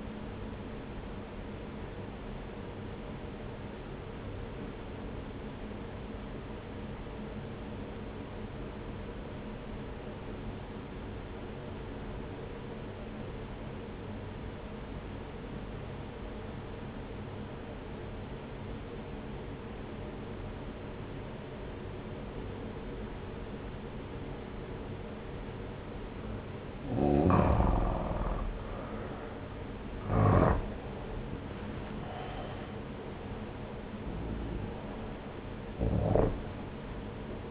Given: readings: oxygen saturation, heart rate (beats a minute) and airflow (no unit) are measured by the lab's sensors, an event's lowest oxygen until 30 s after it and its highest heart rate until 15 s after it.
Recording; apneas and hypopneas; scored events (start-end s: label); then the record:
breathing in sleep by a voice recorder at the bedside; 1
4.00-28.90 s: obstructive apnea (N1, oxygen 95% highest, then 87% lowest)
13.00-37.50 s: new sleep stage, N2 (light sleep)
From the record:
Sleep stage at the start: N1 (lightest sleep); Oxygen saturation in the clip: 86 to 95%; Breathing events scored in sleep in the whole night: 303 in 8.1 hours asleep